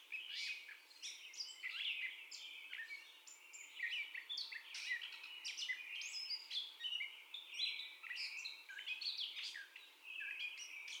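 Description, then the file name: Gray catbird song, a steady stream of varied harsh chatters, mews and high squeaks delivered in quick, uneven phrases throughout. Catbird's first song, 30 May 2021. "2021-05-30 Catbird First Song"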